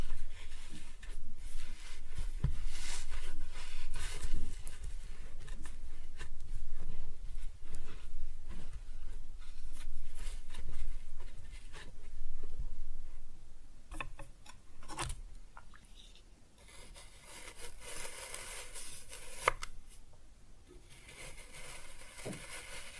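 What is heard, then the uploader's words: Quiet kinetic sand being cut and scooped, with soft crumbly scrapes and brief sharp taps that thin out after about sixteen seconds. ASMR Kinetic Sand Cutting and Scooping Sounds (No Talking).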